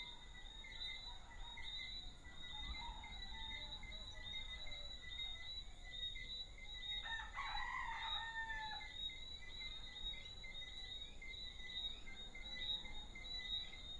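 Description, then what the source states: Small frogs and a rooster: a steady chorus of high, chirping frog whistles runs throughout, while a rooster gives one hoarse crow around the eighth second. Small frogs and roosters in an early evening soundscape at Deshaies, Guadeloupe, recorded on 19 September 2019.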